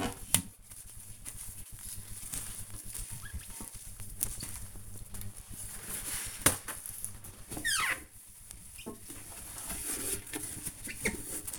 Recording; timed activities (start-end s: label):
household activities, microphone on the right wrist
0.00-11.59 s: bathroom cleaning (toilet)